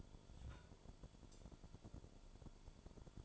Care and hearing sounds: daily activity, microphone in the room; take from stove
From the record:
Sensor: 5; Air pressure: 1008.1 hPa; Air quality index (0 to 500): 114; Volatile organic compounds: 1 ppm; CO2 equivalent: 884 ppm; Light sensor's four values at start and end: 28/62/26/26 and 28/63/26/26

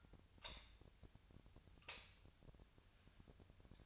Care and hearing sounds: daily activity, microphone in the room; light on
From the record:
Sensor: 2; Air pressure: 1009.7 hPa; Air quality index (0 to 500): 181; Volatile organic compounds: 11 ppm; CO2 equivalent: 2265 ppm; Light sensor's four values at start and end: 28/68/30/33 and 33/85/36/39

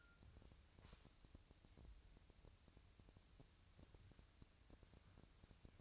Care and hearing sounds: daily activity, microphone in the room; wipe stove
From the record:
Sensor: 2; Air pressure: 1001.5 hPa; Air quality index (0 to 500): 225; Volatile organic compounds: 24 ppm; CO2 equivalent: 2817 ppm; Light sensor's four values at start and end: 7/26/10/9 and 7/26/10/9

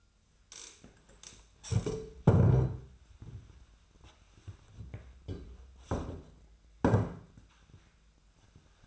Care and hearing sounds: daily activity, microphone in the room; stand up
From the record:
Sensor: 2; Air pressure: 1007.8 hPa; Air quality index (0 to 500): 178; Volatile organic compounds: 9 ppm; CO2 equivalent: 2184 ppm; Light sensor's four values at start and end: 10/23/10/10 and 9/21/9/9

